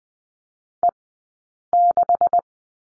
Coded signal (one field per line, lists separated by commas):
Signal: Morse code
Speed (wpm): 20 wpm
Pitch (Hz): 700 Hz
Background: none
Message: E6